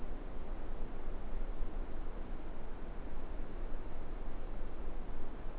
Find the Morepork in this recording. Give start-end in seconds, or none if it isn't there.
none